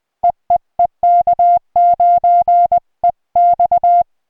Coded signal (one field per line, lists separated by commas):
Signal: Morse code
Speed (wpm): 20 wpm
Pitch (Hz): 700 Hz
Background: music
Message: EEE K9EX